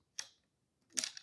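A crossbow arrow, being loaded on a TRX515 or TX440 crossbow, is slid straight back along the rail until the indent in its nock meets the locator pin and drops in against the string. A sharp, bright click sounds at 0.2 s, followed by a short burst of small clicks around 1.0 s. The nock seats with a slight, positive click at 1.0 s.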